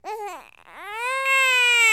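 A baby's cry: a brief falling wail, a short catch of breath, then a long, sustained, high-pitched cry with a clear tonal quality. This is ordinary infant crying, a sound effect from The Hollywood Edge sound effects library.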